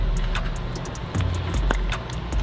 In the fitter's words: there we go that's what you want I click sound and now we can hook up the vacuum pump alright